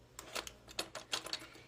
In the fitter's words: and then there we go all locked in